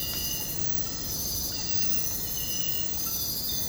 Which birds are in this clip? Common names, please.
none